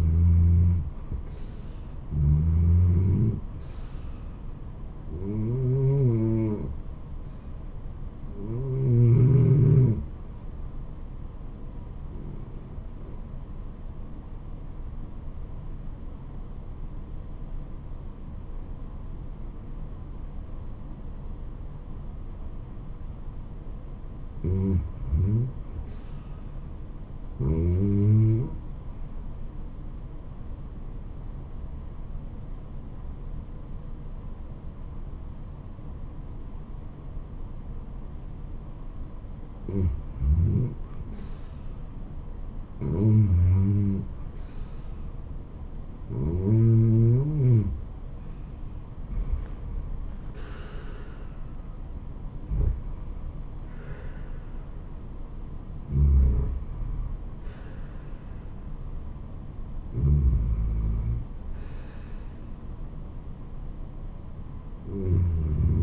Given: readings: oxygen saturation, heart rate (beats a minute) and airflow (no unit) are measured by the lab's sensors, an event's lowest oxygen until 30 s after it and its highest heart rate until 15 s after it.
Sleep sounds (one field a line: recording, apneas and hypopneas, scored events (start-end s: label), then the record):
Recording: breathing in sleep by a smartphone at the bedside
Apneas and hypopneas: 1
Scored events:
12.00-43.30 s: hypopnea (REM, oxygen 94% highest, then 87% lowest, heart rate 77 at the start, 84 highest)
From the record:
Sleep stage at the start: REM sleep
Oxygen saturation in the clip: 87 to 95%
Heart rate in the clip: 65 to 84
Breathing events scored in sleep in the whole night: 426 in 7.4 hours asleep